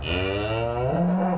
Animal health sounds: contact call of a hoofed animal; cattle; low-frequency (closed-mouth) or high-frequency (open-mouth) call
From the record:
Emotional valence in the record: negative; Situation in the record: full separation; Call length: 1.39 s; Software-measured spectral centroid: 1330 Hz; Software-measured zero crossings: 1490 a second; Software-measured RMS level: -24 dBFS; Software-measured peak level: -13 dBFS

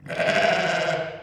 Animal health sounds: contact call of a hoofed animal; sheep; low-frequency (closed-mouth) or high-frequency (open-mouth) call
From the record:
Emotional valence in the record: negative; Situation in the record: short social isolation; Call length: 1.22 s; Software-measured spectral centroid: 2210 Hz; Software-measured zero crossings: 2240 a second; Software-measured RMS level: -23 dBFS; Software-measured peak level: -8 dBFS

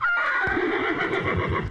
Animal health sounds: contact call of a hoofed animal; horse; whinny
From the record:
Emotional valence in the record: negative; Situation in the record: separation from one group member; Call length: 1.70 s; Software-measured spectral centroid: 1450 Hz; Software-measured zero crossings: 2230 a second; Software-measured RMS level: -24 dBFS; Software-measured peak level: -12 dBFS

